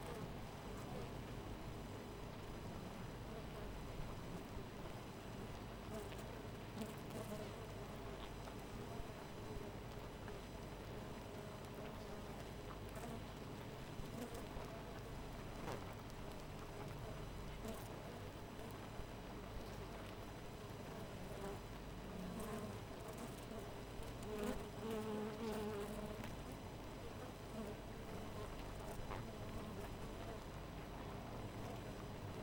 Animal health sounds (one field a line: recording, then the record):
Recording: honeybee colony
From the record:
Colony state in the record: missing queen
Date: 14 July 2017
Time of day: 4:52